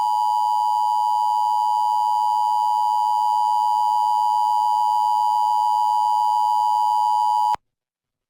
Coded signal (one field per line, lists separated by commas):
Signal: Emergency Alert System (SAME) tones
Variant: 853 and 960 Hz attention tone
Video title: (FOUND SAFE) EAS San Diego, CA Child Abduction Emergency on KOGO-AM (05/25/2026)